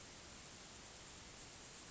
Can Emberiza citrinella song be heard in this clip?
no